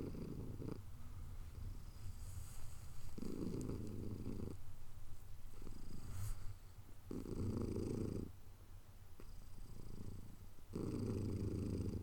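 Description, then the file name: Cat purring, a steady low rumble swelling into louder bursts every few seconds. "purr"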